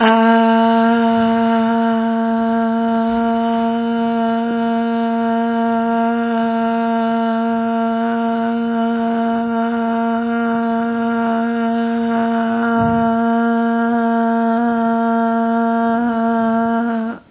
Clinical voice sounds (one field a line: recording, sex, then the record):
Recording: sustained vowel /a/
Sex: female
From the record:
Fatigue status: no fatigue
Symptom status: symptomatic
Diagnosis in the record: COVID-19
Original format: 3gp